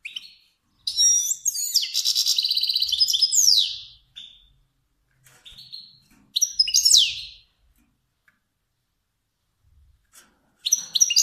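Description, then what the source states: Finch song in bright, high twittering bursts with fast buzzy trills, a long phrase early on, then shorter phrases after pauses of silence. Kermani finch song.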